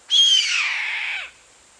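Bird with one harsh, hissing screech of about a second, starting strongly and easing lower as it fades.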